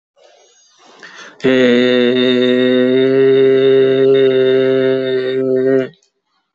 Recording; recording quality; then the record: sustained vowel as in made; excellent, no background noise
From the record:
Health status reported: healthy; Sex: male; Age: 57 years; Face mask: not worn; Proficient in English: yes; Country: India